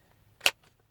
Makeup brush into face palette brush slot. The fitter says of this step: it's all clicked in there for you nice face color brush and